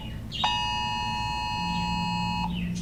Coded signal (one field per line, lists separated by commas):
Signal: Emergency Alert System (SAME) tones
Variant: 853 and 960 Hz attention tone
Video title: Why a S A M E Noaa weather radio should be in all homes (Google slide presentation)